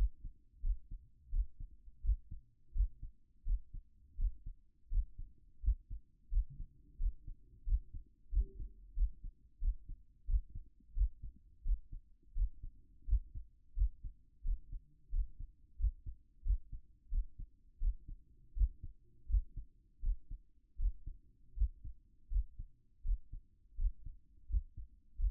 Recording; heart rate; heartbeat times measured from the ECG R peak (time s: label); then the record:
heart sounds by stethoscope; 87 bpm
0.61 s: heartbeat
1.30 s: heartbeat
2.02 s: heartbeat
2.73 s: heartbeat
3.44 s: heartbeat
4.16 s: heartbeat
4.89 s: heartbeat
5.61 s: heartbeat
6.29 s: heartbeat
6.97 s: heartbeat
7.64 s: heartbeat
8.30 s: heartbeat
8.94 s: heartbeat
9.59 s: heartbeat
10.26 s: heartbeat
10.94 s: heartbeat
11.63 s: heartbeat
12.34 s: heartbeat
13.05 s: heartbeat
13.74 s: heartbeat
14.42 s: heartbeat
15.10 s: heartbeat
15.77 s: heartbeat
16.43 s: heartbeat
17.09 s: heartbeat
17.79 s: heartbeat
18.54 s: heartbeat
19.27 s: heartbeat
20.00 s: heartbeat
20.77 s: heartbeat
21.54 s: heartbeat
22.29 s: heartbeat
23.02 s: heartbeat
23.76 s: heartbeat
24.47 s: heartbeat
25.17 s: heartbeat
From the record:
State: at rest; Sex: male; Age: 42 years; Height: 186 cm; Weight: 80 kg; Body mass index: 23.12